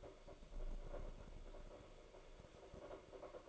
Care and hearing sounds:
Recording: daily activity, microphone in the room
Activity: make coffee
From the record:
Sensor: 5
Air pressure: 995.3 hPa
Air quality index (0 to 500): 96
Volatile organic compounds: 5 ppm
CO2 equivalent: 1819 ppm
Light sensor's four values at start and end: 26/63/25/25 and 26/63/25/25

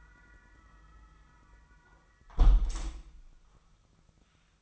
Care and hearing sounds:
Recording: daily activity, microphone in the room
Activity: close window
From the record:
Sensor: 1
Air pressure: 1004.7 hPa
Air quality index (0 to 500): 99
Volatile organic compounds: 3 ppm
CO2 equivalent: 1356 ppm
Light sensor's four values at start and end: 8/21/8/9 and 8/20/8/8

